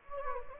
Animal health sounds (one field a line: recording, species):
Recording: mosquito wingbeat signal from an infrared sensor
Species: Anopheles gambiae